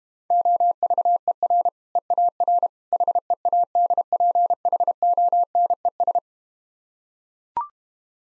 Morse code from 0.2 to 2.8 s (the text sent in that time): OVER EAR